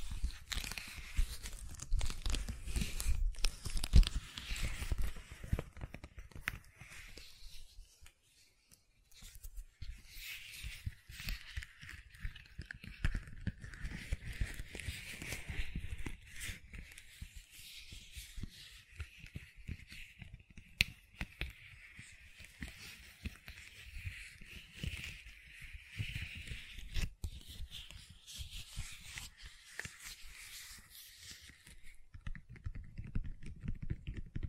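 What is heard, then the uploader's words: Gentle silicone sounds: soft crackling, sticky taps and rubbing that run through the whole clip, busiest in the first eight seconds. From about ten seconds until just past thirty, a steady mid-high squeaky hiss rides beneath the quieter clicks, then the denser crackle returns. ASMR Gentle Silicon Sounds for Sleep (No Talking).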